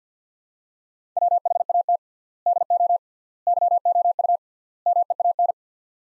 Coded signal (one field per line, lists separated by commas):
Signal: Morse code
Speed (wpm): 50 wpm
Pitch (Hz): 700 Hz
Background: none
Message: WHAT DO YOU MEAN